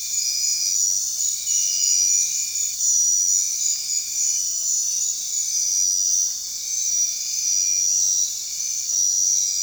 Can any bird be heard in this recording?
no